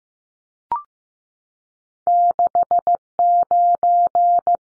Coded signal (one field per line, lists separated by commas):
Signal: Morse code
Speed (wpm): 15 wpm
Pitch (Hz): 700 Hz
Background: none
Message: 69